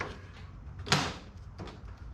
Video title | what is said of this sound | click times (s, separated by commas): 2002 MCI Bus Conversion Screen Door on the Ceiling E89 | oh it just snaps right in I'll probably end up putting a couple screws in there just to hold that in then | 0.9 s